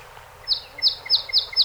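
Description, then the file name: Song sparrow song opening: five crisp, high, downslurred notes repeated at a steady, unhurried pace. A set of 48 songs recorded on 7 June 2018. "2018-06-07 Song Sp 48 Songs"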